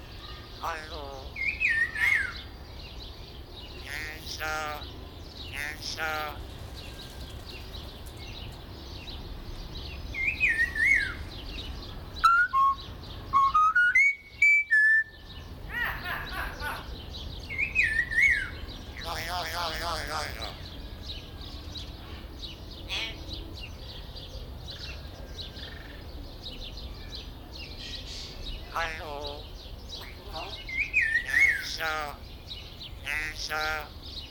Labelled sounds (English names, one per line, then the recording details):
Common Hill Myna
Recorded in captivity
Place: Zoo Berlin, Berlin, DE
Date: 1996-04-20 19:07
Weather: sonnig, 24°C
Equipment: Sony MD-WM MZ-R3, Sennheiser MKH 416 T, Kopie Uher 4000 Report Monitor
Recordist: Tembrock, Günter